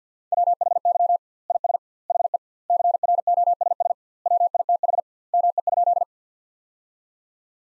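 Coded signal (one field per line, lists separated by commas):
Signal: Morse code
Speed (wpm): 50 wpm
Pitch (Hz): 700 Hz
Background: none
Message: WHY IS HE CROSS WITH ME?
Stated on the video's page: Head-copy drill of sentences built from the top 300 words, at 50 wpm with 2x word spacing, similar to Farnsworth.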